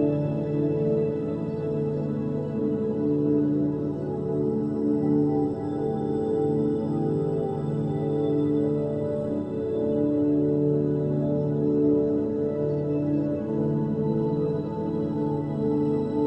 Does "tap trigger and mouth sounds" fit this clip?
no